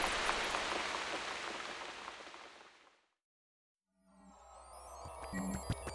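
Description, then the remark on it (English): A dense, steady hiss of rain pours down from a rain machine for about three seconds, then fades to silence before bright, tonal electronic sounds start up. “A rain machine? What's this button? Joe, don't touch it! Oh no, it's raining.”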